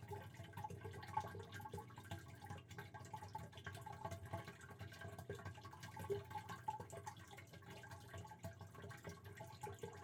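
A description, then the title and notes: Rain patters steadily against a window, a dense, even wash of drips weighted toward the low end, with faint brief tones scattered throughout. Rain On Your Window. Calming sound of rain hitting your window at night with a peaceful piano loop that fades in and out over the course of the episode.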